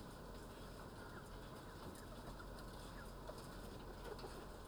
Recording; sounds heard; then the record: poultry house recording; healthy chickens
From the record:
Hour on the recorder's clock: 9